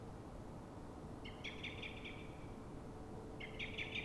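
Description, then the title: Common blackbird scolding: two brisk bursts of sharp, chattering notes about two seconds apart, over steady low-pitched background noise. Dawn, Fuenlabrada, Madrid, Spain; same bird recorded twenty minutes after earlier calls, now frightened or threatened, probably by another blackbird; Zoom H1n recorder. "Pl. de Francisco Escolar, 10, 28944 Fuenlabrada, Madrid, España - Mirlo asustado"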